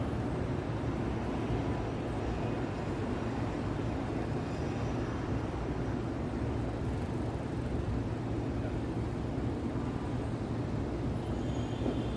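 A steady wash of city traffic fills the clip, with a dense low rumble and a constant hum that holds level throughout. The texture stays even and unbroken, with no distinct horns, sirens or voices standing out, only faint higher tones flickering briefly above.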